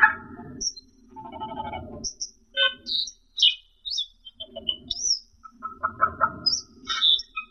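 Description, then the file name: Camperling song: varied chirps, squeaky upslurred notes and scratchy phrases, with a low rumble underneath at times. Masteran song, used as a training recording to teach songbirds to sing. "camperling omkicau"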